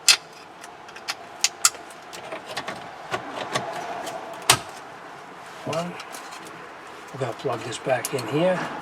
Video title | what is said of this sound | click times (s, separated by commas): Climate Control Unit Replacement 2012 Ford F350 | that we took out is just little pushpins and you'll hear it snap in place one about | 0.1 s, 1.4 s, 1.6 s, 4.5 s